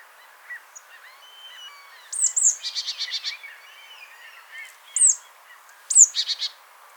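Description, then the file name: Marsh tit calls: a high slurred note followed by a rapid series of buzzy, rasping notes, given twice with a lone high note between, with softer warbling of other birds in the background. "Poecile palustris"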